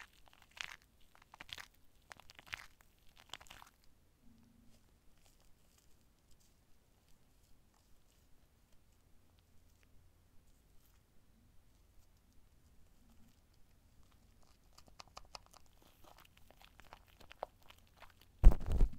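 Shaving gel crackles and sputters in short bursts at the start, falls nearly silent mid-clip, then hisses and crinkles again before a louder final burst.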